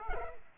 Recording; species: mosquito wingbeat signal from an infrared sensor; Culex pipiens